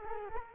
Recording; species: mosquito wingbeat signal from an infrared sensor; Culex quinquefasciatus